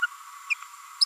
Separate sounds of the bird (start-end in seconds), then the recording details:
0.02-0.06, 0.50-0.54, 1.00-1.05. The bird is a female. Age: 30 days. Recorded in a nest box in Venezuela. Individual 17B42A4